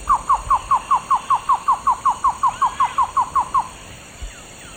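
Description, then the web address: Cocha antshrike singing a fast, even run of many clipped, downward-slurred notes, then stopping; a soft thump follows near the end. Recorded in the eastern lowlands of South America. "Natures Songs S America Eastern Lowlands Cocha Antshrike"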